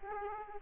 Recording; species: mosquito wingbeat signal from an infrared sensor; Aedes aegypti